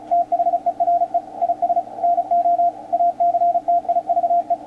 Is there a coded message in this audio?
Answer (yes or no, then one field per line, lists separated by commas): yes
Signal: Morse code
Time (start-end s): 0.1-4.5 s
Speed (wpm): 36 wpm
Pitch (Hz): 700 Hz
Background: radio noise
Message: THERE IS NO ACTIVE